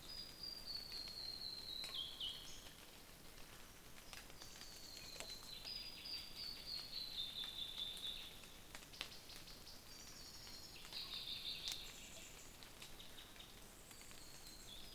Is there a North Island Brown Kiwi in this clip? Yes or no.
no